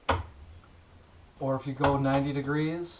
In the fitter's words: walk yourself around until it snaps into place you always want to feel that good snap